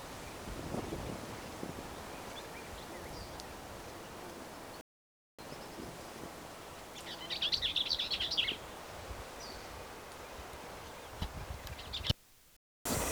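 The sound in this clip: Bell's vireo singing one short, rapid, chattering warble phrase midway through, surrounded by hiss and brief gaps of silence.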